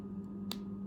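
A charging cable plug is pushed into a power adapter until it clicks into place, seated. A single sharp click comes at 0.5 seconds over a steady low hum.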